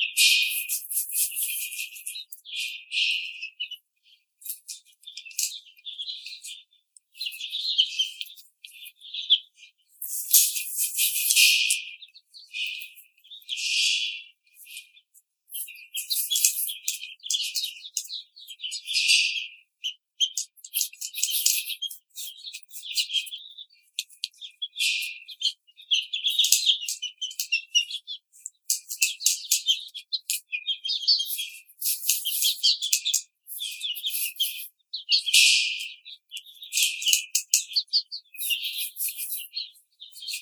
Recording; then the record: young laying hens in a cage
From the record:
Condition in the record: treatment cage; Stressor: simulated dog barking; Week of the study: 5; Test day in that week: 1